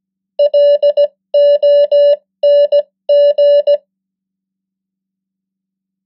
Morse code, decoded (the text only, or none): LONG